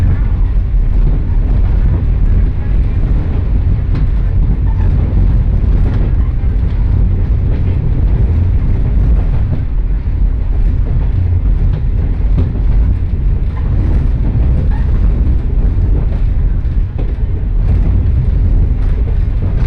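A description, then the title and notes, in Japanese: A two-car diesel train rolls steadily along, its deep engine rumble constant and dense, with faint rattles and clicks throughout. 耳で楽しむ鉄道旅 城端線 油田→城端。城端線の終点城端駅は山がすぐ近くまで迫ってきており、その先には五箇山が控えているいわゆる行き止まりらしさが残る駅です。昔ながらの塗装の気動車が2両のんびりと走っていきます。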